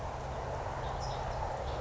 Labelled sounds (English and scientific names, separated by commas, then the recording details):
California Towhee (Melozone crissalis)
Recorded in Sonoma County, California